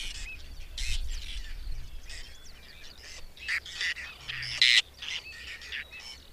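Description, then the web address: Whiskered tern rasping calls in short bursts, with scattered overlapping grating notes. "agykontroll Madardalok Cd 3. Fattyúszerkő"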